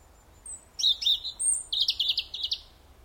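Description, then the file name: European robin song: a thin high note, then a short warble and a rapid series of repeated high chirping elements. "Erithacus rubecula"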